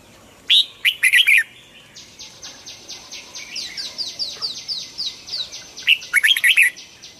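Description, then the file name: Red-whiskered bulbul song: two bursts of quick, bright warbled phrases at the start and end, with a fast, even series of high ticking notes running between them. Hue strain red-whiskered bulbul singing in the double-voice style (giọng kép). "Tieng chao mao hue hot giong kep"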